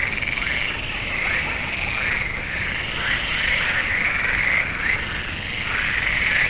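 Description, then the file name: Frog chorus of countless overlapping trilling calls, a constant shimmering drone that swells and dips slightly, with broad background rumble beneath. "Froesche"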